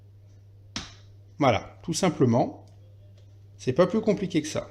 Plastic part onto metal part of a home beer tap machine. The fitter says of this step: Donc on pousse jusqu'à ce que cette partie soit clipsée avec celle-là.